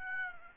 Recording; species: mosquito wingbeat signal from an infrared sensor; Aedes aegypti